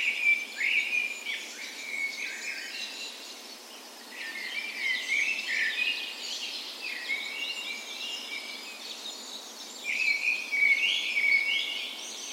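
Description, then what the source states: Birds in chorus, overlapping sweet trills and rapid twittering, with louder bursts near the start and again around ten seconds. Spring dawn chorus in a park west in Bergen, Norway, morning of 17 May, National Day; recorded with Sony PCM A10 and LOM Usi microphones as tree ears.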